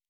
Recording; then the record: hydrophone in a shrimp aquaculture tank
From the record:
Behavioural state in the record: normal